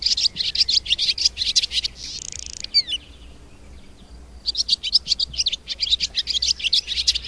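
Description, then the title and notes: Barn Swallow song: fast chirping twitter that runs into a dry buzzy rattle, a slurred falling note, a quiet pause, then lively twittering resumes. Small, fast-flying bird that lives near people. "Füsti fecske (Hirundo rustica). Az apró testű, villámgyors röptű madár az ember közelében él, Halmos Gergővel, a Magyar Madártani és Természetvédelmi Egyesület Igazgatójával beszélgetünk róla"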